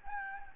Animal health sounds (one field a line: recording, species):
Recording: mosquito wingbeat signal from an infrared sensor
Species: Anopheles gambiae